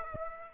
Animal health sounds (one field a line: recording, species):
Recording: mosquito wingbeat signal from an infrared sensor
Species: Aedes aegypti